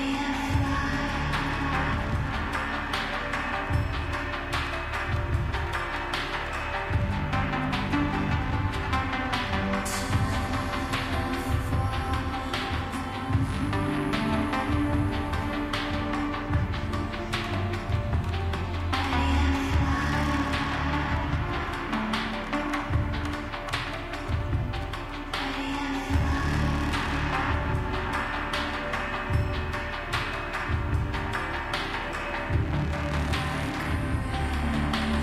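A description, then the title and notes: Bar ambience with music playing throughout, a dense and steady mix at an even level for the whole stretch. A full low end and busy upper layers suggest a band or track with thumping bass and bright detail, with scattered clinks and taps mixed in. Star Citizen 3.14~ Voyagerbar ambiance music and vista on city Orison.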